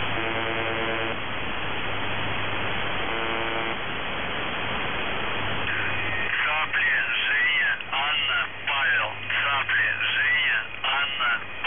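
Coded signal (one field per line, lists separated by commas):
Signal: numbers station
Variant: UVB-76, Russian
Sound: two or three harsh one-second buzzes, then a distorted voice reading over static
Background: radio static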